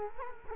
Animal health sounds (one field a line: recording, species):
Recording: mosquito wingbeat signal from an infrared sensor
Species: Culex quinquefasciatus